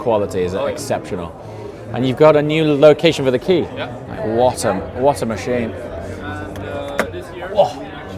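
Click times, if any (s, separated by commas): 7.0 s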